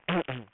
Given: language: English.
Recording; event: throat vibration sensor signal played as sound; throat clearing